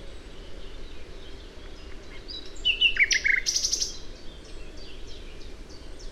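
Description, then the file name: Common nightingale song phrase: a brief burst of sharp chirps and a short rapid trill in the middle, with steady background hiss around it. "Luscinia megarhynchos"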